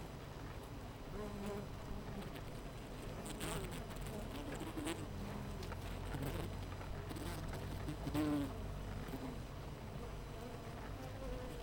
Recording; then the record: honeybee colony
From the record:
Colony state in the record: missing queen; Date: 14 July 2017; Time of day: 8:20